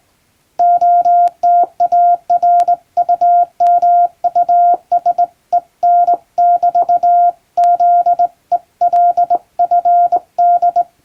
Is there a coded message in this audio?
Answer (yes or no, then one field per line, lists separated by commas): yes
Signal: Morse code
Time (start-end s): 0.6-10.8 s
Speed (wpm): 21 wpm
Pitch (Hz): 700 Hz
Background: none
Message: OTARUMUSEN<BT>ZELFD